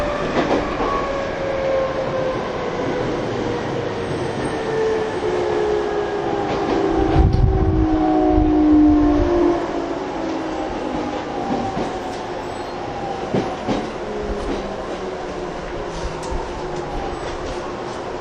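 A TWR 70-000 series train on the Saikyo Line rapid service, its original inverter whine gliding downward in several layered tones as it slows. A steady rumble and rail clatter run throughout, with a heavier low thump around seven to nine seconds.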